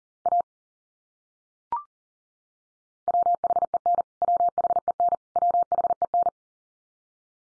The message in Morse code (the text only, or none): A WHEN WHEN WHEN